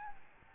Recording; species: mosquito wingbeat signal from an infrared sensor; Aedes albopictus